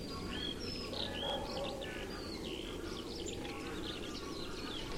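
Bird calls from several birds: high slurred whistles and quick chirps overlapping in a busy chorus, with a steady low rumbling noise underneath.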